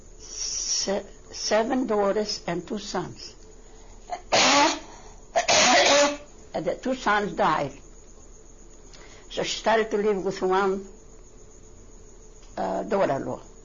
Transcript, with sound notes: seven daughters and two sons. ( she coughs ) And the two sons died. So she started to live with one daughter-in-law.